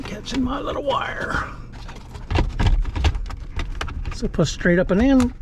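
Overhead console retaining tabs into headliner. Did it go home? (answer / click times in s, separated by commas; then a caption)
no / none. The overhead console panel of a Ram 1500, removed for an interior LED lighting upgrade and hidden dash cam wiring, is pushed straight up and in toward the headliner so its plastic retaining tabs, popped out earlier, can go back into place. Someone talks while a series of short plastic taps and handling knocks sounds between about 2.3 and 3.9 seconds. Nothing has seated or clicked into place yet.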